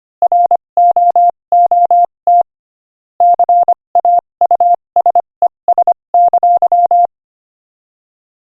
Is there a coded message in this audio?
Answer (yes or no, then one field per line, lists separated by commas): yes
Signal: Morse code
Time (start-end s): 0.2-7.1 s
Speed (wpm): 25 wpm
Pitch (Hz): 700 Hz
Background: none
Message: ROOT CAUSES!